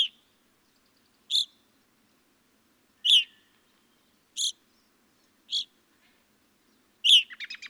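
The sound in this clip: Evening grosbeak calling: six sharp, ringing notes at irregular one- to two-second gaps, the last followed by a short rattle of quieter chips.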